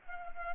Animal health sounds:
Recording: mosquito wingbeat signal from an infrared sensor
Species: Culex pipiens

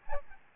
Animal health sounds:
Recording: mosquito wingbeat signal from an infrared sensor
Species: Aedes albopictus

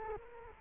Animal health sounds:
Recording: mosquito wingbeat signal from an infrared sensor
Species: Culex quinquefasciatus

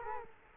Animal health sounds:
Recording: mosquito wingbeat signal from an infrared sensor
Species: Culex quinquefasciatus

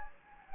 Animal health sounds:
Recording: mosquito wingbeat signal from an infrared sensor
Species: Anopheles gambiae

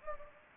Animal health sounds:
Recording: mosquito wingbeat signal from an infrared sensor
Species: Anopheles gambiae

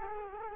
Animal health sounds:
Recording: mosquito wingbeat signal from an infrared sensor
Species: Culex quinquefasciatus

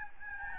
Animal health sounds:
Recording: mosquito wingbeat signal from an infrared sensor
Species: Aedes albopictus

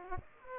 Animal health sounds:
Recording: mosquito wingbeat signal from an infrared sensor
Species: Aedes aegypti

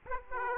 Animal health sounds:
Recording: mosquito wingbeat signal from an infrared sensor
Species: Aedes aegypti

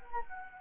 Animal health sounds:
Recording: mosquito wingbeat signal from an infrared sensor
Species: Anopheles arabiensis

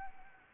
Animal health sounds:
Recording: mosquito wingbeat signal from an infrared sensor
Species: Anopheles arabiensis

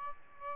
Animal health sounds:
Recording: mosquito wingbeat signal from an infrared sensor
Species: Aedes albopictus

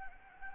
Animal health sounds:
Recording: mosquito wingbeat signal from an infrared sensor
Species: Anopheles gambiae

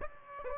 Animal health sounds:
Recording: mosquito wingbeat signal from an infrared sensor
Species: Aedes aegypti

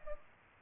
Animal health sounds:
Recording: mosquito wingbeat signal from an infrared sensor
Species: Aedes aegypti

